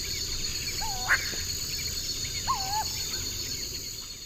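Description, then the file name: Purple-throated fruitcrow giving two wavering whistled calls that dip in pitch, over a steady high drone. South America, eastern lowlands. "Querula purpurata, calls"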